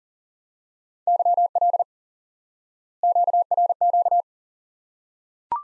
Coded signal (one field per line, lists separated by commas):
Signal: Morse code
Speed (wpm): 40 wpm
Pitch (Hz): 700 Hz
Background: none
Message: YL QRQ